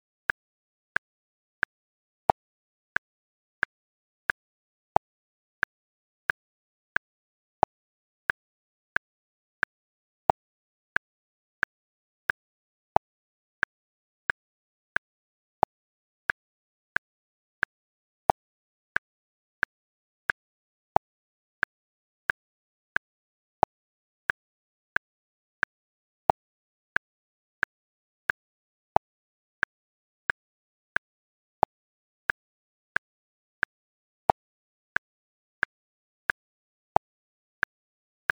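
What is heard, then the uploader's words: A metronome ticks steadily at 90 beats per minute in 4/4, sharp dry clicks evenly spaced with silence between them. Every fourth click sounds slightly brighter and stronger, marking the start of each bar. Nothing else is heard. 3-Hour Metronome at 90 BPM • 4/4.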